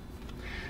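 The hinged plastic back door latch of an Instax Mini instant film camera is released so the door pops open to load a film cartridge. A short, sharp click is heard at 0.3 s over a steady low background hum, and the back door comes open.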